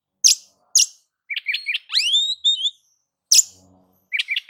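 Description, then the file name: Oriental magpie-robin song: two harsh rasping notes, then chirps and sweeping rising whistles, another rasp, and more quick chirps. "Suara-Kacer-Versi-7"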